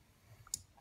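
Someone presses the silver lock-release button on a folding pocket knife so the locked blade can fold shut. A sharp, bright click at 0.5 s marks the blade lock letting go, preceded by a faint tick and followed by a softer tap. The lock releases and the blade closes.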